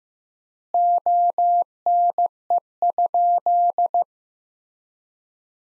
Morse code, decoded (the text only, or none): ONE?